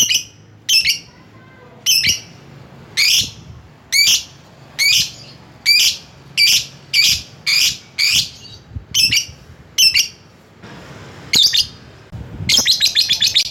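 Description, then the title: Lovebird calls: loud harsh high squawking notes repeated in a long series, ending in a rapid rattling burst. Lovebird calling a rival. "Lovebird Memanggil Lawan"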